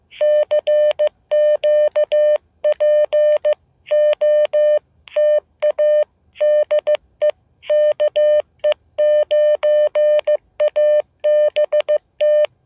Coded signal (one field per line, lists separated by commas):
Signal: Morse code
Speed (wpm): 15 wpm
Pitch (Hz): 600 Hz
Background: none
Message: CQ POTA DE KE9ABT